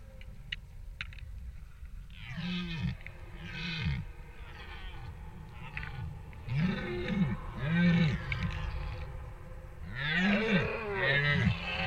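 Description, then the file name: Deer bellowing in separate deep, hoarse roars spaced one to three seconds apart, the later ones louder. "ciervos"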